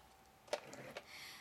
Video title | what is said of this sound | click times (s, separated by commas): Trash pack street sweeper review by simone oconnell | now this part goes into here and it slides till you hear it click | 0.5 s